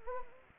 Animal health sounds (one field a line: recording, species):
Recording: mosquito wingbeat signal from an infrared sensor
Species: Anopheles gambiae